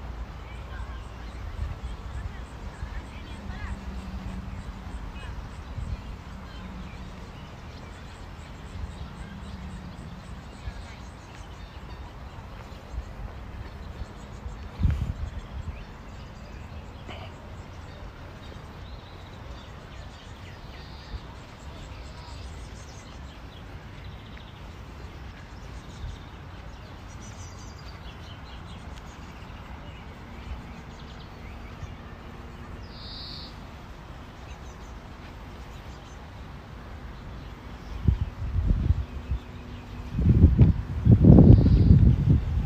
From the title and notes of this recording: City Park Sounds. Walking In Modiin, Israel.